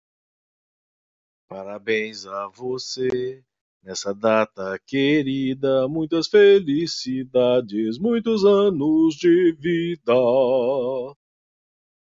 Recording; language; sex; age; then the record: short text; Brazilian Portuguese; male; 50 to 59 years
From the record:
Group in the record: control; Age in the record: 50 years